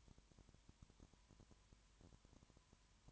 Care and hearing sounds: daily activity, microphone in the room; no activity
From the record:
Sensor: 3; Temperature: 21.1 degrees Celsius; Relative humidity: 37.0%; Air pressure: 1010.6 hPa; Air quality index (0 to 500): 204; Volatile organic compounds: 31 ppm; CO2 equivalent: 2979 ppm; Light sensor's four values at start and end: 2/3/2/2 and 2/3/2/2

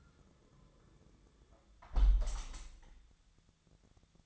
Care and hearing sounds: daily activity, microphone in the room; close window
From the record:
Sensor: 3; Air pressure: 1004.6 hPa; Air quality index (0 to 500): 96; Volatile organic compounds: 3 ppm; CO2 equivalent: 1483 ppm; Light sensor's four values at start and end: 7/17/6/6 and 7/16/6/6

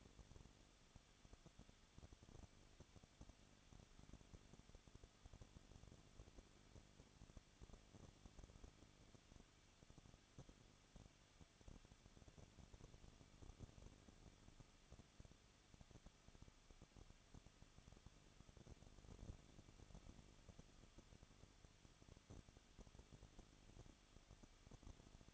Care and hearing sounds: daily activity, microphone in the room; no activity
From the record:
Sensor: 4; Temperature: 23.0 degrees Celsius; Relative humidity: 34.6%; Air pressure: 1007.2 hPa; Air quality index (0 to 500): 215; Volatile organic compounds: 15 ppm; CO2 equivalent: 2490 ppm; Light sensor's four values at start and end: 2/3/1/1 and 2/3/1/1

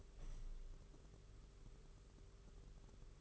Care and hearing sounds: daily activity, microphone in the room; open window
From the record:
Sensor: 4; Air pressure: 991.2 hPa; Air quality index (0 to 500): 153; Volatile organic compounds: 105 ppm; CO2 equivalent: 3785 ppm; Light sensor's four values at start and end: 6/14/5/6 and 6/14/5/6

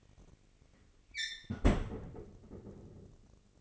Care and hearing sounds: daily activity, microphone in the room; close fridge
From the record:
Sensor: 4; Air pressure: 996.0 hPa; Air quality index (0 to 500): 62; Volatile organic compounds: 2 ppm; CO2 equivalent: 1099 ppm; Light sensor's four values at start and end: 15/42/16/18 and 16/44/17/19

